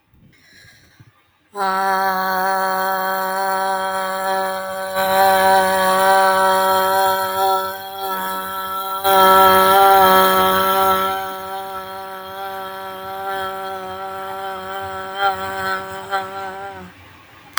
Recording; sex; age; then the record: vowel held as long as possible; female; 30 to 39 years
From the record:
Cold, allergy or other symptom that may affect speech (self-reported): no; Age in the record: 37 years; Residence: New York, United States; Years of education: 14